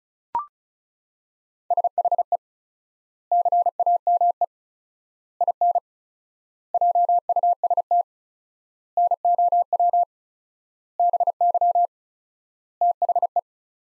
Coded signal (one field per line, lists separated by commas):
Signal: Morse code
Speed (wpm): 36 wpm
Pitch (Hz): 700 Hz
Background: none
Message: SHE CAME IN JUST NOW BY THE